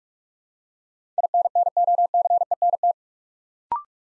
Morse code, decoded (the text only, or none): INNOCENT